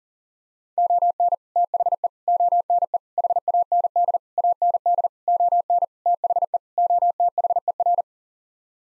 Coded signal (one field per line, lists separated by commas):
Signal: Morse code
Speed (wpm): 40 wpm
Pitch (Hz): 700 Hz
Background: none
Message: ON THE ONE HAND AND ON THE OTHER